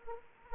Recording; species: mosquito wingbeat signal from an infrared sensor; Anopheles arabiensis